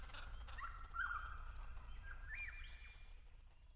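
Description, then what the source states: Friarbird calls, a few faint notes including a short level tone, over steady low rumbling background noise. In an Angophora tree.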